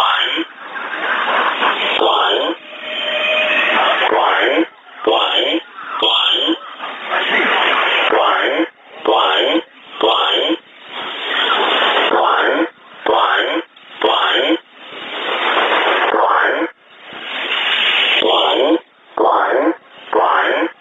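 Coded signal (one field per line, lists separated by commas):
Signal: numbers station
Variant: E07, English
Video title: 16 03 2019 E07 English Man Numbers station in English 0740 on 12112 unknown tx site in USB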